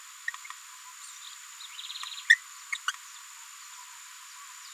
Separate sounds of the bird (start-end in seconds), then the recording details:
2.29-2.37, 2.72-2.77. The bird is a female. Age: 30 days. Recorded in a nest box in Venezuela. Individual 17B73B3